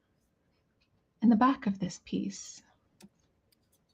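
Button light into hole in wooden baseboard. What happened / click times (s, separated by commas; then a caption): The small part is handled but not yet seated / none. A small twist-on button light is handled at the hole in the back of a wooden baseboard while someone talks. Speech runs from about 1.2 to 2.7 s, followed by faint ticks at about 3.0, 3.5 and 4.0 s. Nothing has seated or clicked yet.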